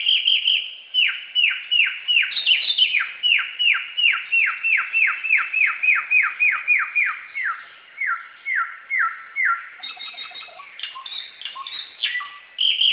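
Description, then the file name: Samyong delivering a long series of loud whistled downslurred notes, steady at first and then gradually slowing, ending with jumbled higher chatter. Recorded in forest. "suara burung samyong di hutan"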